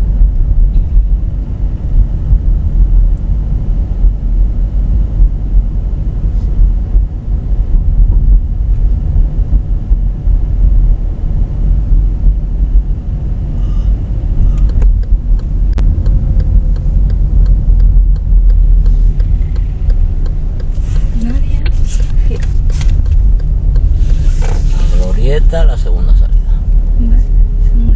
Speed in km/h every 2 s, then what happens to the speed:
26, 26, 26, 27, 26, 26, 27, 25, 22, 17, 13, 12, 16, 18.
0-14 steady at about 26. 14-19 slows to 13.